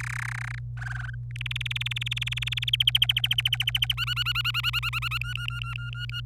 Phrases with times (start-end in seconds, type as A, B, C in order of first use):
0.00-0.59 A, 0.77-1.15 B, 1.30-2.70 C, 2.73-3.93 D, 3.97-5.18 E, 5.21-6.20 F